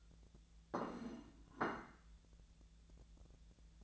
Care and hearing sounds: daily activity, microphone in the room; place plate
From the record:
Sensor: 3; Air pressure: 1000.2 hPa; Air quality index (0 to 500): 140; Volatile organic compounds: 2 ppm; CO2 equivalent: 1242 ppm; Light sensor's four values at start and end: 34/86/37/40 and 35/87/37/40

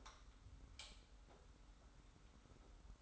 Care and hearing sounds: daily activity, microphone in the room; light on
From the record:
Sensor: 3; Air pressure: 990.9 hPa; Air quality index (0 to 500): 116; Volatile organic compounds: 74 ppm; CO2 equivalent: 3559 ppm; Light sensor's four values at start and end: 36/86/35/33 and 39/95/38/36

